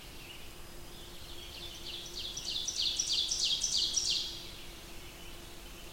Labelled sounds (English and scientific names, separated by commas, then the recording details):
Ovenbird (Seiurus aurocapilla) song
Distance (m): 50 m
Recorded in boreal forest in Alberta, Canada, on 20 June 2016 at 05:57
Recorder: SongMeter 3, array SBT-6-81
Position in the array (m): 154 m, 261 m
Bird 25